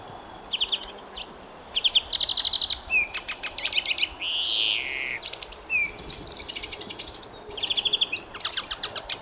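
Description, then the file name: European greenfinch song: rapid twittering trills and a drawn-out buzzy wheeze in the middle, with bright chirps between phrases. "Chloris chloris"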